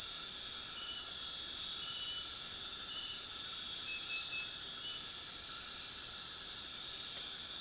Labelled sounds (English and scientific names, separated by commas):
none